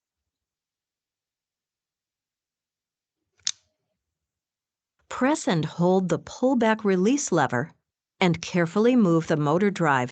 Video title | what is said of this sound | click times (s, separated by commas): Learning IVUS: Session 01 | remove the seat on the bagged motor drive and insert the catheter until it audibly clicks into place | 3.4 s, 3.5 s